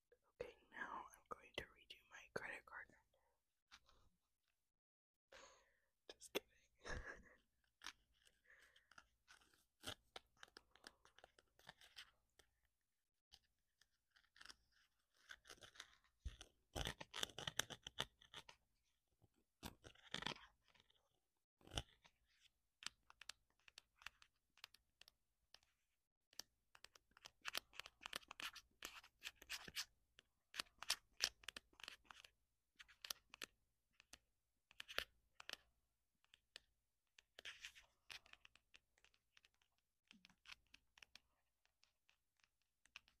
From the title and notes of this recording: This is the first time i’ve used a mini mic. Tapping and scratching on the items.